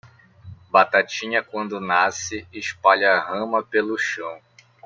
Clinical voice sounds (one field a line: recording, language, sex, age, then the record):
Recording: short text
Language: Brazilian Portuguese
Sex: male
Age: 20 to 29 years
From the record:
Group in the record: control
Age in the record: 25 years